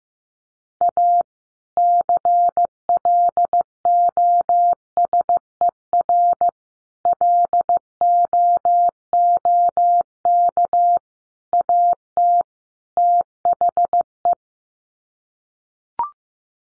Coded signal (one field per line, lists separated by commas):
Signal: Morse code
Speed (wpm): 14 wpm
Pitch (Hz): 700 Hz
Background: none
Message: A CLOSER LOOK AT THE